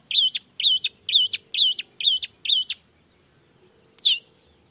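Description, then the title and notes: Long-tailed shrike giving a run of several sharp high notes about half a second apart, a pause, then one sharply falling note. Lively long-tailed shrike singing in the morning, with the toet-toet sound variation, used to stir lazy, silent shrikes into singing along quickly. "Cendet Gacor Dor Di Kala Pagi Toet Toet Variasi Suara J. Cendet Gacor Di Pagi Hari Rangsangan Emosi Cendet Malas Bunyi Supaya Secepatnya Ikutan Bunyi. Burung cendet"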